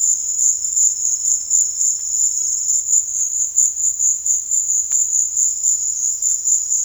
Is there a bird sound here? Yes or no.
no